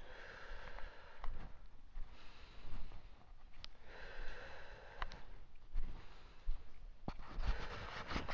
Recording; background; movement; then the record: deep breathing; quiet; walking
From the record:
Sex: male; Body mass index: 20.6 kg/m2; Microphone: on the chest, facing outward